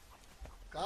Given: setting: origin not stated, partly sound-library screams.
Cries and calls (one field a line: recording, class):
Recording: one-second piece from a danger detection set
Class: normal situation